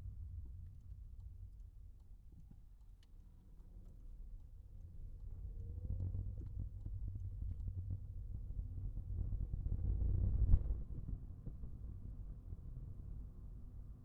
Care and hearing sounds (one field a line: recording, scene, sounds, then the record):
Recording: everyday scene through a hearing-aid microphone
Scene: in a vehicle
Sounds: engine, rumble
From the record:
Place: Skoda Fabia, gasoline engine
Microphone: behind the ear, right, rear